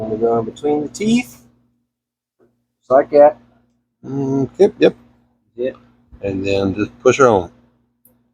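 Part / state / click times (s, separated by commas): plastic wire-tap connector closing onto a truck turn-signal wire for running board lights / seated / 8.0 s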